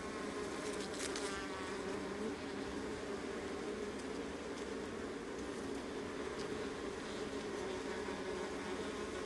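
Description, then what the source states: Honey bee: steady colony hum from honey bees, thick overlapping buzz that never breaks, a short crackle early on. Honey bee colony, recorded close.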